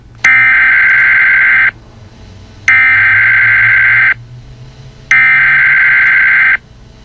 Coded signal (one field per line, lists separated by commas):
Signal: Emergency Alert System (SAME) tones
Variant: header bursts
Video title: EAS Scenario Chuck E Cheese Incident Remastered